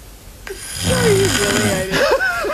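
One long, rattling inward snore with a whistling, gliding tone from a sleeping adult woman, made without her sleep machine; snoring like this led her to get a mouth guard.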